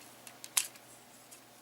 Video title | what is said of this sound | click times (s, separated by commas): Generations Voyager Springer Review | big bulky sections and just push them forward until they lock into place they will tab in | 0.6 s